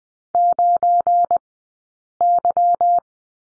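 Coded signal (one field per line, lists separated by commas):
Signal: Morse code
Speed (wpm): 20 wpm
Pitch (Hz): 700 Hz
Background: none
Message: 9Y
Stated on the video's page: Morse course lesson on number 9 with two characters, at Farnsworth speed of 20/10 wpm.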